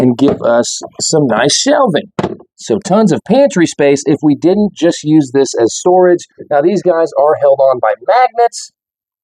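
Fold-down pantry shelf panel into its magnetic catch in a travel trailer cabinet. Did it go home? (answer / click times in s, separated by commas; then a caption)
no / none. In a 2026 Ember Overland 201FBQ travel trailer, a fold-down pantry shelf panel in a cabinet is handled as it is flipped toward its magnetic catch while someone talks throughout. Nothing has seated or clicked into place yet.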